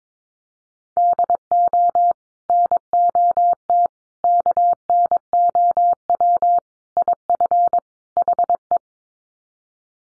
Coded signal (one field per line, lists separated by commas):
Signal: Morse code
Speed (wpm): 22 wpm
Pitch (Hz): 700 Hz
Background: none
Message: DO NOT KNOW IF HE